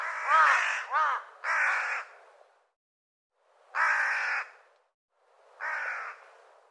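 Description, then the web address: Bird giving harsh, raspy caws: a quick cluster of three, a pause of over a second, then two more spaced caws. "cianscape birddata Deverinetal"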